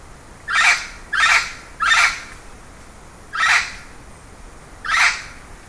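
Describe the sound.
Bird calling with five harsh, grating notes spaced unevenly about half a second to a second and a half apart, against a faint steady hiss.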